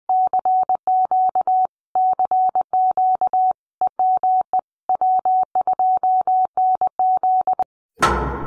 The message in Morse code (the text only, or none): CQ CQ EME W2NZ